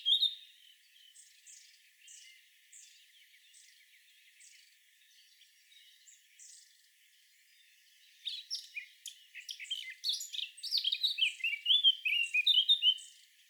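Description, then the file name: Eurasian blackcap song: a brief loud note, then a faint series of short ticking notes, then a loud burst of varied warbling in the second half. "Sylvia atricapilla"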